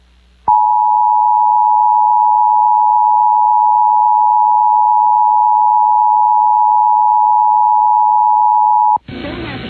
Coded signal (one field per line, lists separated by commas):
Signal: Emergency Alert System (SAME) tones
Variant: 853 and 960 Hz attention tone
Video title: New Hampshire EAS Alert: Required Monthly Test 08/05/2023 (Alert 3/3)